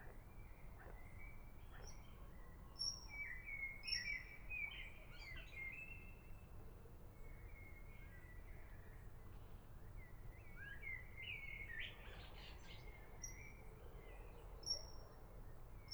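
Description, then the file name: Eurasian otter whistling in bouts of high, bending notes, with short sharp chirps above and a constant low background hum. Whistle calls given while swimming. "European Otter Whistle Calls While Swimming"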